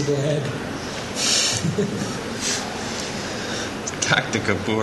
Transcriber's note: laughing